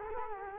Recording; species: mosquito wingbeat signal from an infrared sensor; Culex quinquefasciatus